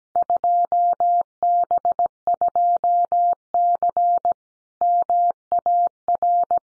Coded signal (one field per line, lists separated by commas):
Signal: Morse code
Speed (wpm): 17 wpm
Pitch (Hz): 700 Hz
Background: none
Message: 2B2C MAR